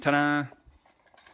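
Someone talks briefly while a textured plastic tarp is being fitted onto the bed of a 1/64 scale diecast grain truck. Faint handling rustles and a small tick follow, but the tarp has not snapped into place yet.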